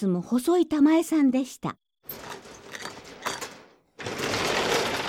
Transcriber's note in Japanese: ｓｅ 店の戸 開ける